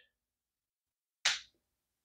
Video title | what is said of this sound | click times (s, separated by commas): Toro weed eater won't start after sitting | and I'm sure you heard it just click | 1.3 s